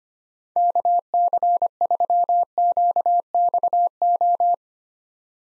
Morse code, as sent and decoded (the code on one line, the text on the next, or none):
-.- -.-. ...-- --.- -..- ---
KC3QXO